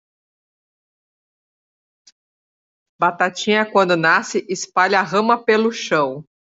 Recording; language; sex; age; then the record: short text; Brazilian Portuguese; female; 30 to 39 years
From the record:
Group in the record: control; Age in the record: 39 years